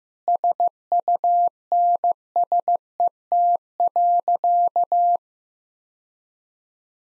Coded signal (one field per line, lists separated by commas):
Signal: Morse code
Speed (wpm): 15 wpm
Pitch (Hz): 700 Hz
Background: none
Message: SUNSET.